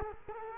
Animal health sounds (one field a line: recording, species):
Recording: mosquito wingbeat signal from an infrared sensor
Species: Culex quinquefasciatus